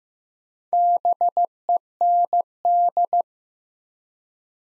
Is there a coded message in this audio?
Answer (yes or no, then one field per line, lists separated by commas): yes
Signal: Morse code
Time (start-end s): 0.7-3.2 s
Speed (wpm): 15 wpm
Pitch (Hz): 700 Hz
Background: none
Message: BEND